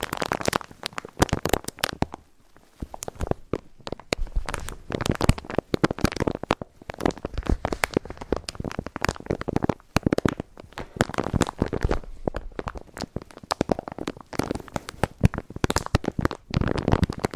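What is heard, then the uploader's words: Gentle crinkling fills the stretch with dense, irregular crackles and rustles, each a quick bright snap across the range. Activity comes in bursts separated by brief quiet gaps, with a longer pause just after two seconds and another near ten seconds. ASMR Slow & Gentle Crinkle Triggers. (No Talking).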